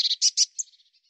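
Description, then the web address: Eurasian blue tit calling: several quick scratchy, buzzy notes, then a thin high note and faint fading ticks, all within about one second, in a quiet background. "cianscape birddata Deverinetal 2025 File cleaned normalized Bird Cy Ca"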